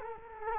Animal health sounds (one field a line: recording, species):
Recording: mosquito wingbeat signal from an infrared sensor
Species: Culex quinquefasciatus